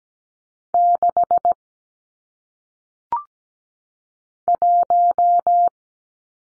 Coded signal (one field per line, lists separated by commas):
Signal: Morse code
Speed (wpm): 17 wpm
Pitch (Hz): 700 Hz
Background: none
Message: 6 1